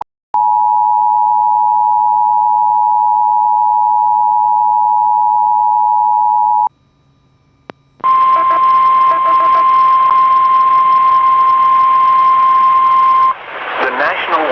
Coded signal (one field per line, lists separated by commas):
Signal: Emergency Alert System (SAME) tones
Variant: 853 and 960 Hz attention tone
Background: speech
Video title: Severe Thunderstorm Warning EAS#164